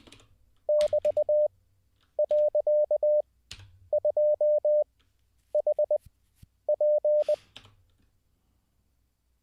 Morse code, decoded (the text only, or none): <BT>.2HP